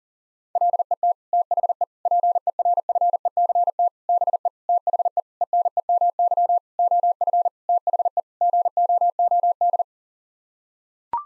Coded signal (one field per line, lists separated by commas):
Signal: Morse code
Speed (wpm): 40 wpm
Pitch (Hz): 700 Hz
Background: none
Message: LET THE PERFECT BE THE ENEMY OF THE GOOD